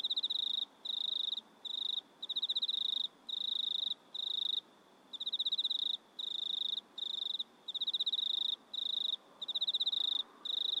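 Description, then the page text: Cricket giving bright, high pulsed trills in quick succession, each burst under a second, gaps brief and irregular, soft hiss underneath. Crickets recorded at night in a country town in Australia, in stereo. "Insects Crickets Australian Night Loop Stereo. Sounds recorded at night in a country town"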